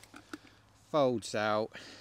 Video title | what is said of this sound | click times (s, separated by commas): MSR Reactor Stove Review - the ULTIMATE winter camping stove! | fold out handle just unclips there | 0.3 s